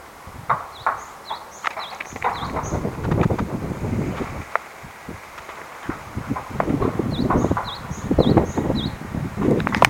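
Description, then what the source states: Great tit song, high thin two-note phrases repeated in two short bursts, over loud knocking, clattering and rustling noises. Recorded 28 February 2006 on Jeju, in the morning around 9:00–9:10; the bird is attracting a pair.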